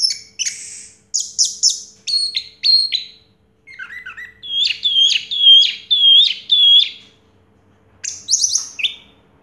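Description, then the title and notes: Orange-headed thrush song: clipped high notes, a lower warbled phrase, then a clear repeated whistled note five times, ending in buzzy chirps. Anis merah song in the 'teler' style, with a clear voice; part of a complete collection of its sounds. "Anis Merah Teler Suara Jernih. suara anis merah"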